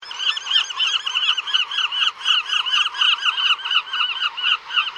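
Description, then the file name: Gulls calling: a dense, continuous run of nasal, yelping calls repeated rapidly without pause. "Gaviotas"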